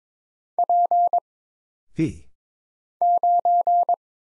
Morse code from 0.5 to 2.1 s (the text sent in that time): P